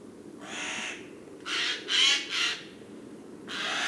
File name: Garrulus glandarius